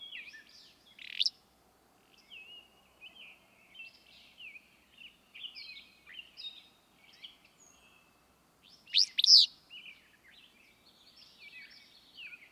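Willow flycatcher song: sharp, buzzy, sneezy phrases near 1 and 9 seconds, with softer chattering and chirping notes throughout.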